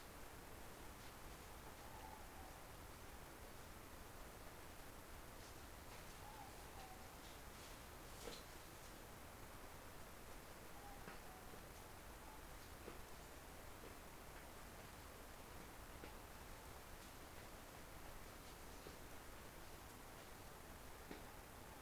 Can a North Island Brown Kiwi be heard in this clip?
no